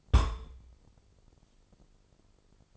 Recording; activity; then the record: daily activity, microphone in the room; place on stove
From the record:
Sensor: 5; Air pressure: 995.5 hPa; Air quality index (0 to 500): 96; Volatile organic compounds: 5 ppm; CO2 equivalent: 1832 ppm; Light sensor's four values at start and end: 34/81/33/35 and 35/83/34/35